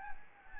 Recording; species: mosquito wingbeat signal from an infrared sensor; Anopheles gambiae